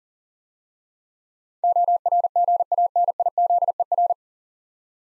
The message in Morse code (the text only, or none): ORGANIZER